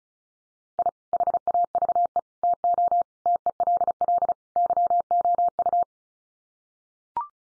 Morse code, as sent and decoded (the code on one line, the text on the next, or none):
.. / .... .- ...- . / - --- / - . .-.. .-.. / -.-- --- ..-
I HAVE TO TELL YOU